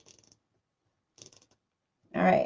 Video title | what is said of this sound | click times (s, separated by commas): bow tutorial | now everything is locked into place I mean | 0.1 s, 0.2 s, 0.3 s, 1.2 s, 1.3 s, 1.4 s